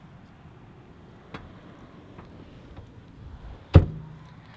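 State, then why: Seated. On a 2016 Jeep Wrangler Sport with the rear seat folded up out of the way, the seat's retaining strap is fastened to its anchor in the cargo area and snaps into place with a sharp snap at 1.4 s. Fainter ticks follow, then a louder thump near 3.7 s, and the strap is left seated holding the seat.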